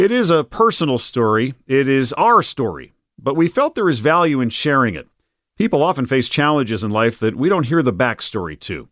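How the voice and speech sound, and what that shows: An adult man narrates fluently at a natural pace, voice clear and steady, with brief pauses between phrases.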